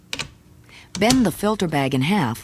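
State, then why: Seated. The portable handle of a Kirby G4 upright vacuum is pushed into the handle slot on the motor housing and snaps into place with a sharp click at 0.1 s, followed by a smaller click at 0.2 s. After a short quiet stretch, someone talks. The handle is seated.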